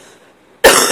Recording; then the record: coughing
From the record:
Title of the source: 34 coughing up crap again